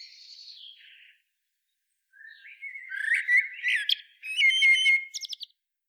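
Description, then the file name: Common blackbird giving a soft descending whistled phrase, then, after a pause, a run of squeaky twitters ending in loud, sharp, chattering notes. "Turdus merula"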